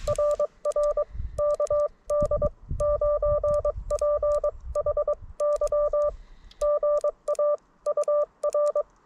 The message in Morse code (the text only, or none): RR KD9PHY GA UR